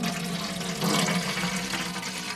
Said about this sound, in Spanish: La más joven de las tres dejó escapar un suspiro y vertió parte del agua hirviendo del caldero en una tetera.